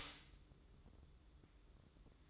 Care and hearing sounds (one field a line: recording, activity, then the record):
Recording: daily activity, microphone in the room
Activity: stop toaster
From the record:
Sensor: 3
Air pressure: 1007.0 hPa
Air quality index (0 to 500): 54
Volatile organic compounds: 1 ppm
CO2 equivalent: 591 ppm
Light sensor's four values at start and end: 8/19/8/8 and 8/19/8/8